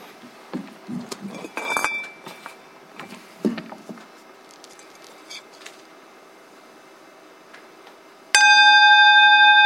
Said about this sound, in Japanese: で鐘を3つ鳴らしますので、鐘の音を聞いて、でそれでその後呼吸に集中してみてくださいね。